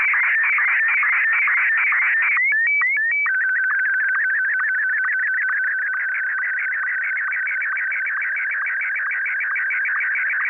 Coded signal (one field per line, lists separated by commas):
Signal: SSTV (slow-scan television)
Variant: Martin 1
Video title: N6NA SSTV Net - 10/14/2020